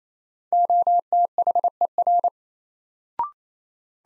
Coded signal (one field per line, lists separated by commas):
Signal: Morse code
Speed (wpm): 28 wpm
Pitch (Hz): 700 Hz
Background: none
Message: OTHER